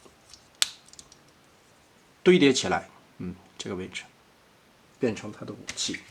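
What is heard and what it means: A plastic tab is pressed into its slot to fasten the folded plastic parts of a transforming robot toy figure, and a sharp, loud click at 0.6 s shows the tab snapping into place and seating. A few faint ticks follow around 0.9 to 1.1 s, and then someone talks for the rest of the clip.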